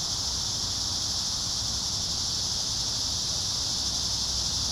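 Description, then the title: Cicadas buzzing in an unbroken, hissing chorus that stays steady from start to finish over faint low rumble. Several cicadas singing in a park. "neoscenes: cicadas in the park"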